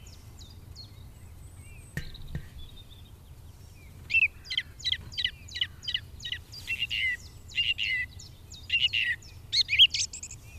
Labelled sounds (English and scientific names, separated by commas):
Song Thrush (Turdus philomelos) song